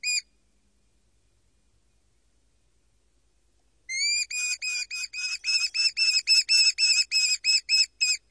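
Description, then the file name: American kestrel calls: one brief high note, then after a pause a rapid series of many shrill, piercing klee notes. "falco sparverius"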